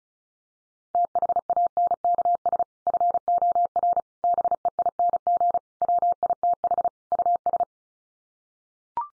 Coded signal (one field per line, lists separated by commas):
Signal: Morse code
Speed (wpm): 34 wpm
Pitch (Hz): 700 Hz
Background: none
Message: THANKS FOR BEING WITH US